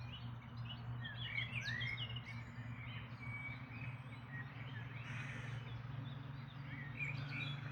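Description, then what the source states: Birds singing in a dense chorus, overlapping whistled and chirping phrases with rising and falling notes, several singers at once, over a steady low hum. Dawn chorus recorded in May 2026.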